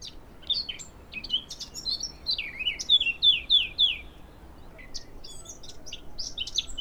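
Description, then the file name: Eurasian blackcap warbling, with scratchy twitters and a rapid string of loud, clear, downslurred whistles in the middle before softer chatter returns. "Sylvia atricapilla"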